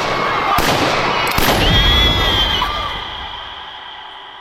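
Two loud, sharp gunshot cracks ring out about a second apart over a dense, chaotic din, with thin high-pitched cries trailing through the noise afterward.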